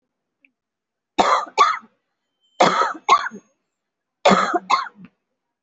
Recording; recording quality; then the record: heavy voluntary cough; excellent, no background noise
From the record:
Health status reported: COVID-19 positive, mild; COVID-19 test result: positive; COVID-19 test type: RT-PCR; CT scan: taken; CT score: 5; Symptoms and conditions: cough, sore throat, fever, muscle pain, loss of smell and taste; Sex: female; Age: 46 years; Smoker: no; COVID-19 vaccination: none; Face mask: worn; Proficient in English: yes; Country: India